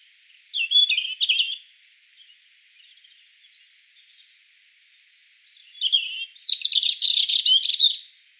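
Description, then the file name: European robin song: a short warbled phrase, several quiet seconds, then a longer burst of fast sparkling trills and high twitters. "Erithacus rubecula 240702"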